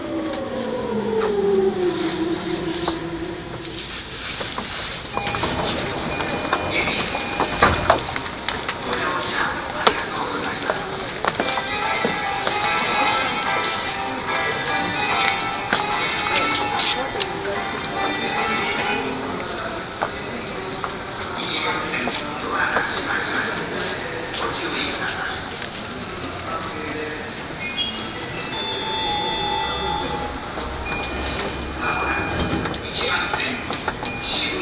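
A ride aboard an E231 series Yamanote Line train, outer loop, full of steady, dense running noise with frequent clicks and clatter. In the first few seconds a falling motor whine sounds, and voices come through at times over the constant rumble, with brief tones later on.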